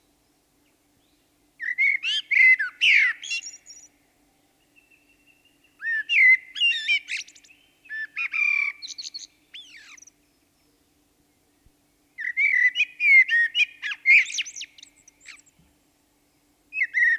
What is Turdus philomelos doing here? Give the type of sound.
song